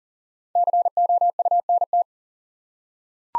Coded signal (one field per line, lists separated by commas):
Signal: Morse code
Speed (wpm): 41 wpm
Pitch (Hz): 700 Hz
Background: none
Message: COUNT